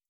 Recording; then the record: hydrophone in a shrimp aquaculture tank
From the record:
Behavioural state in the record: starved